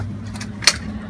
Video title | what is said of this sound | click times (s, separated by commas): GB Lyfe Travel System Stroller and GB Asana 35 Infant Car Seat | you hear it click as you can see you can fold the stroller with the cars with the seat on it or | 0.7 s